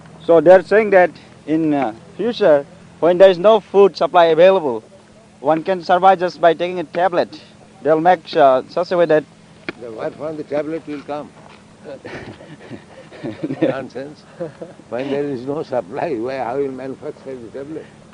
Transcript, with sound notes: So they are saying that in future when there is no food supply available one can survive by just taking a tablet. They will make in such a way that...
Where from the tablet will come? [laughs] Nonsense when there is no supply how you will manufacture the tablets?